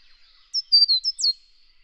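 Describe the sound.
Scarlet honeyeater song: a short run of high, tinkling, down-slurred notes, five quick phrases in about a second, with quiet background.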